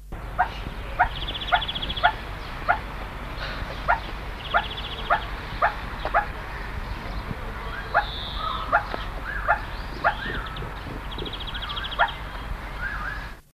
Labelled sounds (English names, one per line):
Crested Guineafowl call